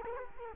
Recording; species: mosquito wingbeat signal from an infrared sensor; Culex quinquefasciatus